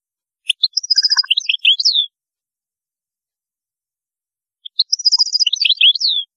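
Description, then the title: European goldfinch gives two lively twittering song phrases of mixed high chirps and downslurred notes, separated by a pause of about two and a half seconds. "Chant Chardonneret"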